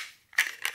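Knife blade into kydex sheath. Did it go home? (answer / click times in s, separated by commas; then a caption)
yes / 0.4 s, 0.6 s. A karambit knife is pushed into its molded kydex sheath and clicks home, with a sharp click at 0.4 s and a second at 0.7 s. The knife seats securely in the sheath, though the retention is a little loose and would ideally be tighter.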